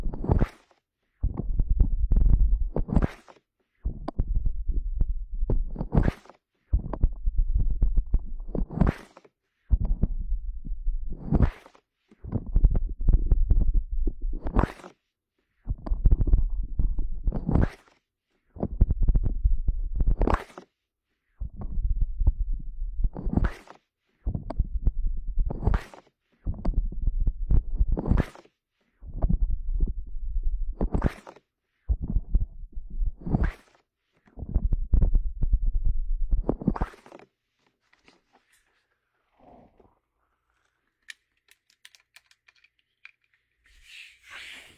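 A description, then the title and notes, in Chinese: Hands are pressed over the ears, giving a muffled, low rumbling roar that swells in bursts about every three seconds, each with a sharp onset. Thirteen or so bursts run until around 37 seconds, then near silence with a faint thin hiss. 双手捂耳。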